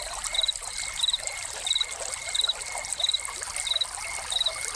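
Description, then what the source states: Crickets chirp in short, high pulsed bursts at a regular pace over a thin tone and constant trickling water. Crickets recorded with a fountain.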